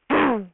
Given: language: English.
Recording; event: throat vibration sensor signal played as sound; throat clearing